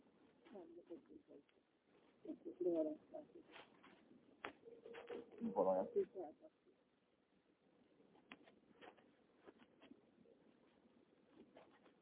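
A pigeon coos in two low, throaty bursts, one after the other, with soft scattered clicks and rustling filling the quieter stretches.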